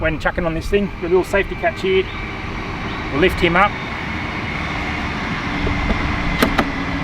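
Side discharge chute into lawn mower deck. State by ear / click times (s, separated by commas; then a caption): seated / 6.6 s. Someone talks while a side discharge chute is fitted into the deck of a Toro 60V battery lawn mower after the safety flap is lifted, over a steady background hum. Two sharp clicks follow near the end, and the chute locks into place at 6.6 seconds.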